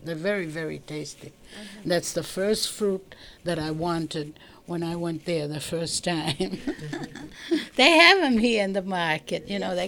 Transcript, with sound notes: They're very, very tasty. And that's the first fruit that I wanted when I went there the first time. ( she laughs ) They have them here in the market, you know.